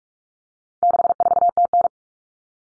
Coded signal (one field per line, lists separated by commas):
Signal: Morse code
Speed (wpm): 44 wpm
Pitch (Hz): 700 Hz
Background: none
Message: 64TN